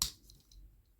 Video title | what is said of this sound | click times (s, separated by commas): Transformers Legacy Animated Bumblebee Review | This joint here, when you transform this, it clicks into place like this. | 0.0 s